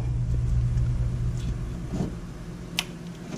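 A black plastic cover on the wiring harness connector at the engine computer of a 2005 Chevy Corvette, during flex fuel sensor wiring, is pushed on lightly over a steady low rumble. A short, sharp click at 2.8 s marks the cover locking on, seated.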